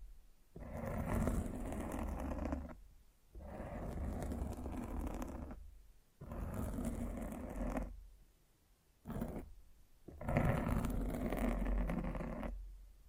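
Scratching and rubbing against a microphone comes in long rough bursts of about two seconds each, separated by short silent gaps. The noise is coarse and crackly, full from deep rumble up to bright hiss, with five or six strokes across the clip.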